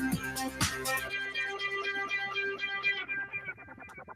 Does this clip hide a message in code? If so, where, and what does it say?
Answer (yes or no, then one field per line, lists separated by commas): no